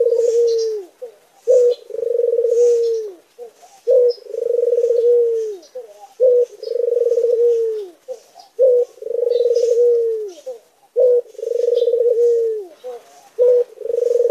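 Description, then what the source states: Barbary dove giving repeated rolling coos, each a brief clipped note then a drawn-out purring trill that droops at its close, phrases coming steadily every two to three seconds. White Barbary dove; recording made for training songbirds.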